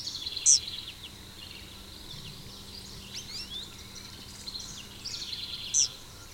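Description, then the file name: Eastern kingbird giving brief high, thin, twittering notes, two sharp bursts about five seconds apart, between faint scratchy chatter and a low steady hum. "Tyrannus tyrannus - Eastern Kingbird"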